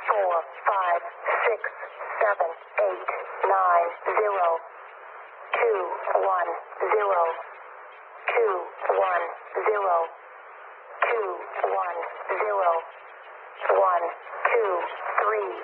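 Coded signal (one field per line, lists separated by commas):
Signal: numbers station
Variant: E05 Cynthia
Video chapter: 6:41 - Agent ID 210 040807z March 2002 Count 100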